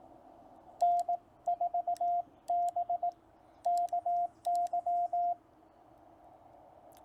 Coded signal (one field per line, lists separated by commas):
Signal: Morse code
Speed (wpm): 18 wpm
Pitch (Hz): 700 Hz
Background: radio noise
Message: N4BKY